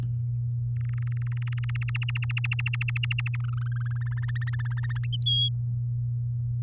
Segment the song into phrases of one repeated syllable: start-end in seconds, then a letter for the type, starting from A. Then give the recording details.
0.76-1.90 A, 1.95-3.36 B, 3.40-4.25 C, 4.28-5.06 D, 5.26-5.49 E. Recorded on 8 May 2018 at 10:30. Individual llb16